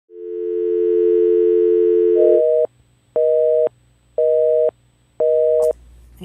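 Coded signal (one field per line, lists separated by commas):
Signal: telephone call progress tone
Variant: North America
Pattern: dial tone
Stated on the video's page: Rotary phone being shown to students.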